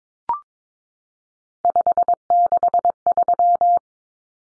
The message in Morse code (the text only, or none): 563